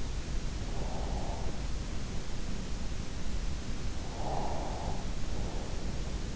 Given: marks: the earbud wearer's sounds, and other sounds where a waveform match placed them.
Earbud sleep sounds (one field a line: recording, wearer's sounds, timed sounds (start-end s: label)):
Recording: sounds in sleep by an in-ear microphone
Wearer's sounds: breath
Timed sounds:
0.27-2.44 s: breath
3.47-6.27 s: breath